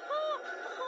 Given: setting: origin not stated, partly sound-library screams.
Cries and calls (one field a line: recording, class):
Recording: one-second piece from a danger detection set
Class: woman in danger